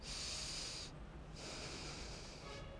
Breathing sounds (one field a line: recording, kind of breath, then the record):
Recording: one breath in and out by a microphone near the nose and mouth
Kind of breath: deep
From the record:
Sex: male